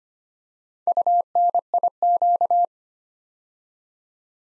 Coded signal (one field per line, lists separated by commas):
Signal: Morse code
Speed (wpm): 25 wpm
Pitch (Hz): 700 Hz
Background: none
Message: UNIQ